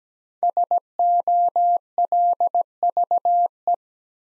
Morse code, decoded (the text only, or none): SOLVE